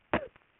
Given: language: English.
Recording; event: throat vibration sensor signal played as sound; cough